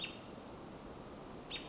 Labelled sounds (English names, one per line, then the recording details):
American Robin
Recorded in Sonoma County, California